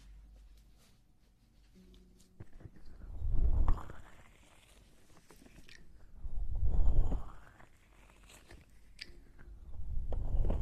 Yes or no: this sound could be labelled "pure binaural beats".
no